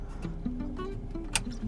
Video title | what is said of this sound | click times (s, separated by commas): The Best Way to Install a Radar Detector in Your 2026 Tesla Model Y or Model 3 - Uniden R8W - DIY | It'll click, | 1.4 s